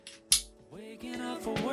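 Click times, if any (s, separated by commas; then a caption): 0.3 s. The clip of a dog's new seatbelt harness tether is pushed into a car's seat belt buckle loop, with a faint tick at 0.1 s and then a loud, sharp click at 0.3 s as it seats. Music plays underneath throughout, and the clip clicks right in.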